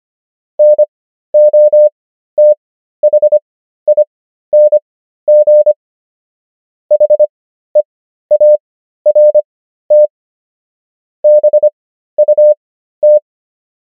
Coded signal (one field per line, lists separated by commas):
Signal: Morse code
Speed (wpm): 25 wpm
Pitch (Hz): 600 Hz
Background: none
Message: NOTHING HEART BUT